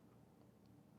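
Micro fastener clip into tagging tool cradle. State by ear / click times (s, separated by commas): not seated / none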